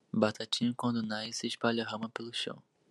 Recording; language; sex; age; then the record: short text; Brazilian Portuguese; male; 20 to 29 years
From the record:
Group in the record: control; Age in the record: 21 years